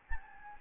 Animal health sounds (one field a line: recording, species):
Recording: mosquito wingbeat signal from an infrared sensor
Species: Anopheles gambiae